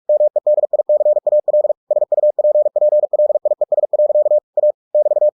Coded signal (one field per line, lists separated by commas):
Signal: Morse code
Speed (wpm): 46 wpm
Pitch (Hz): 600 Hz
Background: none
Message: MEDICAL SUPPLIES. A <BT>